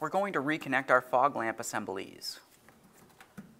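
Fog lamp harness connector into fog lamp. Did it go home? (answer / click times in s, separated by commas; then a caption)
no / none. Someone talks while reaching to reconnect the fog lamp harness connector into the fog lamp on a 2009-2019 Ford Flex, during reassembly after replacing the AC condenser and receiver drier assembly. After the talking, only faint short ticks are heard at about 2.7, 3.2 and 3.4 seconds. Nothing has seated or clicked yet; the connector is still being handled.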